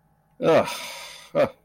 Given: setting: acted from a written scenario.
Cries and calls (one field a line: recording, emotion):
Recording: vocal sound without words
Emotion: contempt